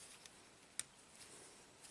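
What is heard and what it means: During a Nissan alternator repair, a small plastic terminal retainer is pushed back into a connector body. A faint tick comes at about 0.3 s, then the retainer snaps into place with one sharp click at 0.8 s over low background hiss, and it is seated.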